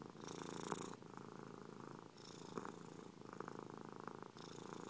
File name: Cat Purring